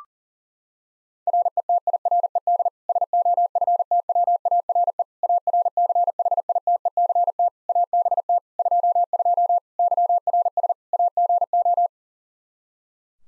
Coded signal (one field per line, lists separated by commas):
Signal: Morse code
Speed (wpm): 40 wpm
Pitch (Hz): 700 Hz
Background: none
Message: RETIRED SOFTWARE ARCHITECT ABT 22 YRS AGO